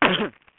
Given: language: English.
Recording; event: throat vibration sensor signal played as sound; cough